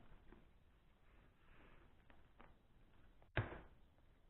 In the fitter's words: Πιέζουμε και κουμπώνει και το φτερό.